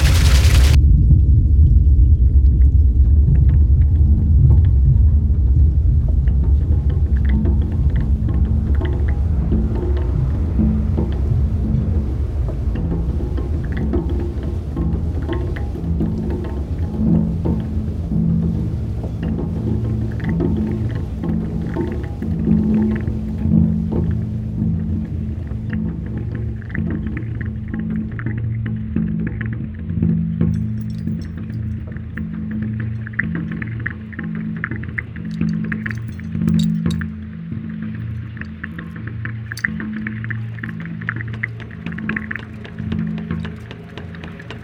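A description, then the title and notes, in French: A water mill runs with a heavy, steady low rumble, strongest in the first seconds. Over it, a rhythmic droning hum pulses regularly as the machinery turns, with scattered knocks and creaks. The sound eases slightly toward the end. De l'eau au moulin. A 16 km de Langres (Haute Marne) se situe le moulin à eau de Baissey. Le moulin revit, la roue à aubes, les meules et les engrenages se remettent en mouvement. Réalisation : Olivier Noack.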